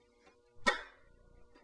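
The door handle of a hot rod car is pressed gently until the latch in the car door releases. A sharp click at 0.68 s marks the latch clicking open, followed by a brief rattle and faint low rumbling.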